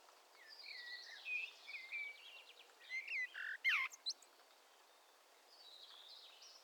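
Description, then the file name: Common blackbird giving fluted whistled phrases with squeaky high twitters, a louder burst of sharp notes around the middle, over faint background hiss. "Turdus merula"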